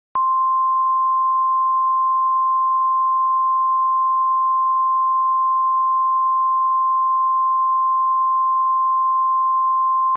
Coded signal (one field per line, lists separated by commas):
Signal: Emergency Alert System (SAME) tones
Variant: 1050 Hz attention tone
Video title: My First EAS Scenario